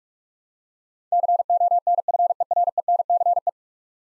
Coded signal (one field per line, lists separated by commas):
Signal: Morse code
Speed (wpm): 42 wpm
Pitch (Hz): 700 Hz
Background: none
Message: CONFERENCE